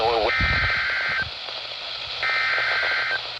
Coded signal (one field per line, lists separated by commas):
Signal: Emergency Alert System (SAME) tones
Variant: header bursts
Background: speech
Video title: MAY’S MYRIAD MADNESS… | EAS Alerts from 5/10 - 5/24/23 (EAS #975 - 1004)